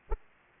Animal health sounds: mosquito wingbeat signal from an infrared sensor; Aedes aegypti

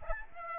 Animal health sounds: mosquito wingbeat signal from an infrared sensor; Aedes aegypti

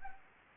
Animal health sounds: mosquito wingbeat signal from an infrared sensor; Anopheles gambiae

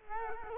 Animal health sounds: mosquito wingbeat signal from an infrared sensor; Culex quinquefasciatus

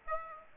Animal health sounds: mosquito wingbeat signal from an infrared sensor; Aedes aegypti

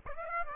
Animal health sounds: mosquito wingbeat signal from an infrared sensor; Aedes aegypti

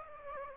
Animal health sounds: mosquito wingbeat signal from an infrared sensor; Aedes aegypti

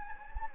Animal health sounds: mosquito wingbeat signal from an infrared sensor; Anopheles gambiae

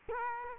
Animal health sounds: mosquito wingbeat signal from an infrared sensor; Culex quinquefasciatus

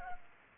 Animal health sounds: mosquito wingbeat signal from an infrared sensor; Culex pipiens

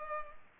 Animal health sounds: mosquito wingbeat signal from an infrared sensor; Culex pipiens

